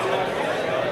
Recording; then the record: background sound without coughing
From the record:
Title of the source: CITY SOUNDS Busy Bar in the Evening Night - 2 HOURS of Ambiance for Relaxation